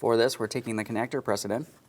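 A man talks while a plastic electrical connector is being pressed onto the throttle body of a 2015-2025 Ford Transit 250 3.7L V6, reconnected during intake variable valve timing solenoid replacement. Only speech is heard, with no distinct mechanical sounds, and the connector has not seated or clicked yet.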